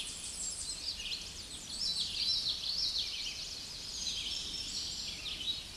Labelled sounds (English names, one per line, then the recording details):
Common Yellowthroat song
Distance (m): 25 m
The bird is about level with the microphone
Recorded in a Pennsylvania forest on 16 May 2024 at 07:12
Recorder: AudioMoth, point MSD-0215
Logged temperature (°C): 16.1 °C
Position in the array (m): 33 m, 150 m